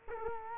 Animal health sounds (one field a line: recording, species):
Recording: mosquito wingbeat signal from an infrared sensor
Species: Culex quinquefasciatus